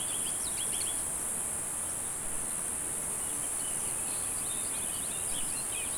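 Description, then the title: Cicadas produce a constant, even, high buzzing, joined by scattered bird chirps and a broad low hum of background noise. "neoscenes: cicadas"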